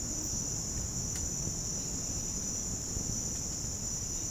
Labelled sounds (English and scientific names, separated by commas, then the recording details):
none
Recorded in pastures near Puerto Asís, Putumayo, Colombia, on 21 March 2025 at 06:30
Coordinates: 0.505, -76.324
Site GP08